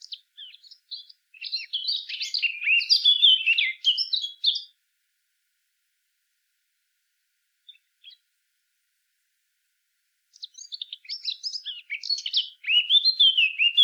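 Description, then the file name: Eurasian blackcap song: a long, busy warble of rapid scratchy and fluty notes for nearly five seconds, a long quiet gap, then another chattering warble rising in volume. "Sylvia atricapilla"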